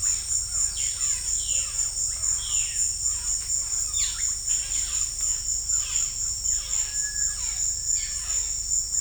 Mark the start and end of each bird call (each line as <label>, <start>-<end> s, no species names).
bird call, 0.70-1.80 s
bird call, 2.36-2.90 s
bird call, 3.83-4.33 s
bird call, 5.75-6.19 s
bird call, 6.45-8.33 s